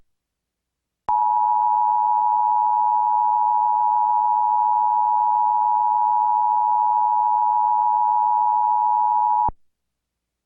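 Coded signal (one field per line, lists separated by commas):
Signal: Emergency Alert System (SAME) tones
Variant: 853 and 960 Hz attention tone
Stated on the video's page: Required monthly test for an earthquake drill, captured off a Trilithic EASyPLUS encoder at a TV station.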